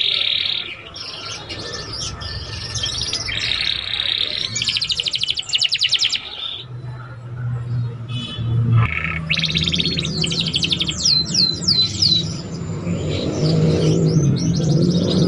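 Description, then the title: Belgian canary song, buzzy trilled phrases alternating with rapid repeated chirps and sweeping notes, with low hum in the background. Canary song to warm up young canaries and stimulate them to start singing quickly and chatter. "Canto Para Esquentar Canário Belga. SUARA KENARI PAUD CUIT CUIT BELAJAR BUNYI - pancingan kenari paud muda agar cepat bunyi dan ngeriwik"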